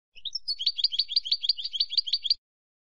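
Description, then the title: European goldfinch song: a few introductory notes followed by a regular, rapid chain of buzzy, metallic twittering notes, stopping after about two seconds. "Jilguero"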